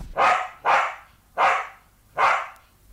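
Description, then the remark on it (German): A white terrier named Nipper barks four times in a steady, evenly spaced rhythm, each bark loud, sharp and fairly high-pitched, with short quiet gaps between them and no talking. “Ja, ein Hund, ein weißer Terrier, der auf den Namen Nipper hörte.”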